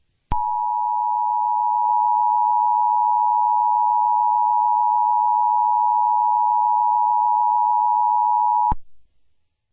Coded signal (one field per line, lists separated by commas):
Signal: Emergency Alert System (SAME) tones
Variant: 853 and 960 Hz attention tone